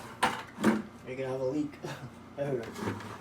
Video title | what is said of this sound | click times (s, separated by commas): How to Assemble The True HPA System | make sure it clicks | 0.2 s